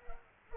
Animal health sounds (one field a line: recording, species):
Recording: mosquito wingbeat signal from an infrared sensor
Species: Culex pipiens